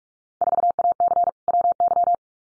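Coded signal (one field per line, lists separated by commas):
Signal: Morse code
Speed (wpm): 44 wpm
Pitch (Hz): 700 Hz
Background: none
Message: 4AC WY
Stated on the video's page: Field Day exchange head-copy drill at 45 wpm, randomly selected exchanges, each sent in Morse, spoken, then sent again.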